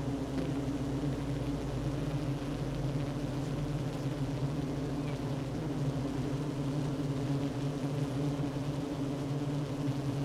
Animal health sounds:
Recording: honeybee colony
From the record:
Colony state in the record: active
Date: 12 June 2018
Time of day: 10:44

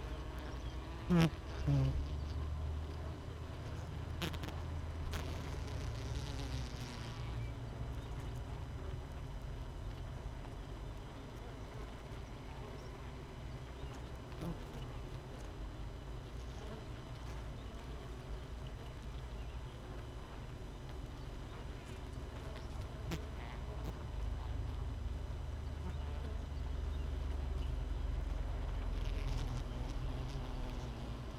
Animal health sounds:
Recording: honeybee colony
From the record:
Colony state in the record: missing queen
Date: 31 May 2018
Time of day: 6:32

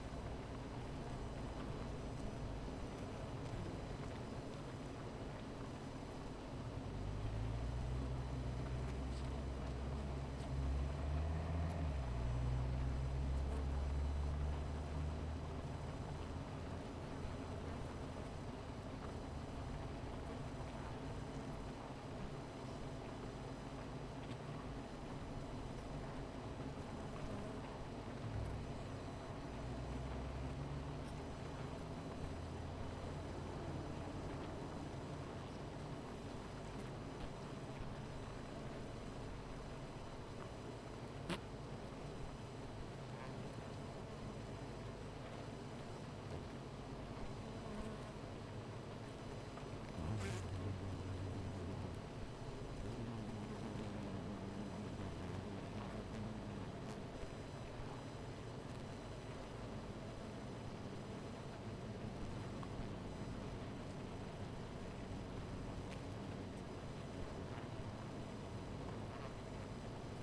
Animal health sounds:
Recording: honeybee colony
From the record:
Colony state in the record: missing queen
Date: 14 July 2017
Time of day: 17:04

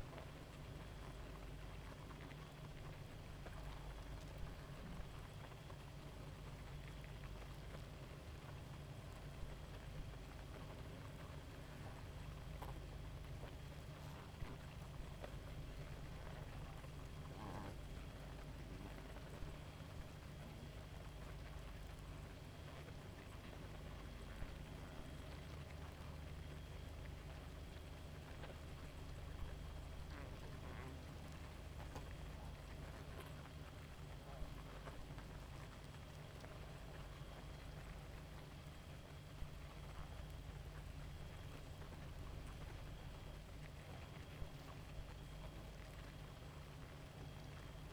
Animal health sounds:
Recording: honeybee colony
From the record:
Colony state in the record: active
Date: 28 July 2017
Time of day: 0:37

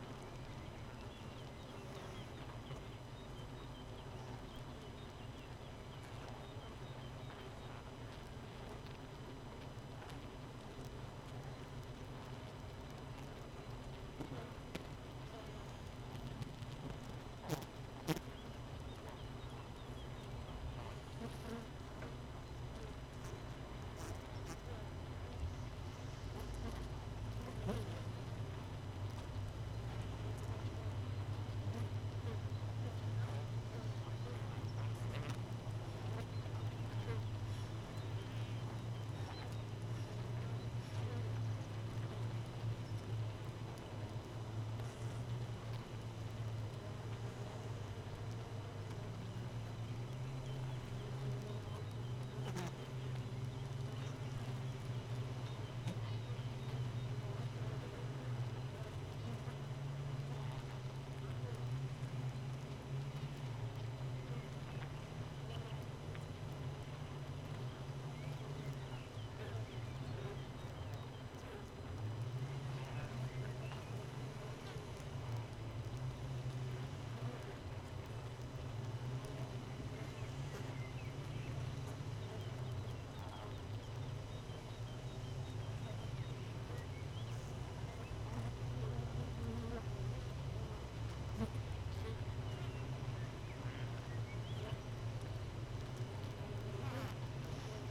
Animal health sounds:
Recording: honeybee colony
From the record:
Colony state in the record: missing queen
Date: 31 May 2018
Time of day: 4:30

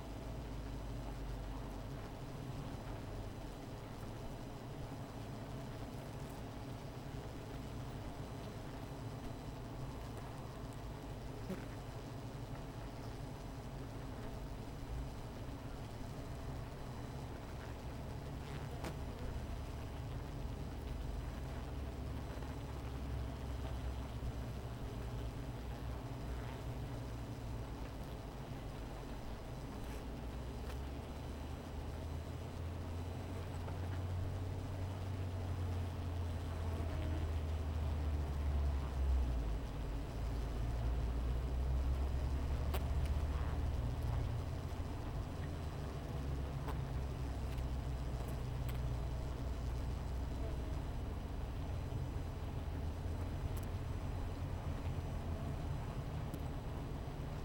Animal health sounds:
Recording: honeybee colony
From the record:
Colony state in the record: missing queen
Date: 14 July 2017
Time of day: 16:28

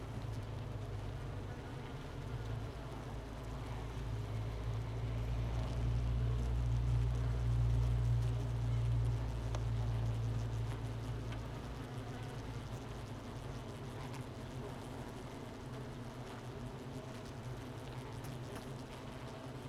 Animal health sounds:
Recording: honeybee colony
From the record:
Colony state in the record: missing queen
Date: 31 May 2018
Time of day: 9:50

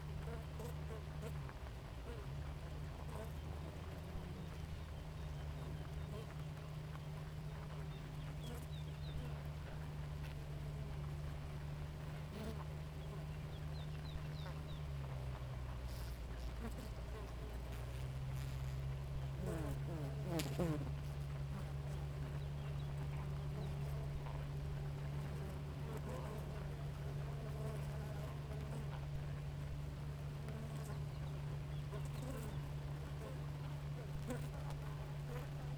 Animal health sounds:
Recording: honeybee colony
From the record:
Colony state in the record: active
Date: 28 July 2017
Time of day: 4:41

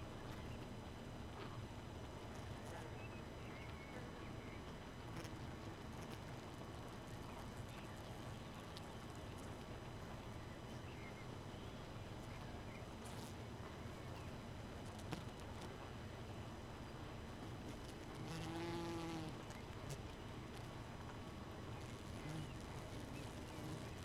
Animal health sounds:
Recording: honeybee colony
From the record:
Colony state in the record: missing queen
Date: 31 May 2018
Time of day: 2:49

